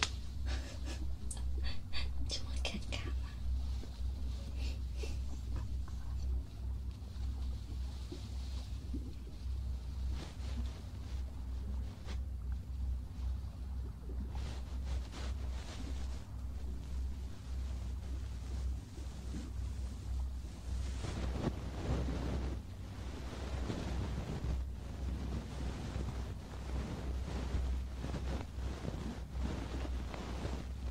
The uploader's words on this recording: ASMR Ear cleaning & Ear massage.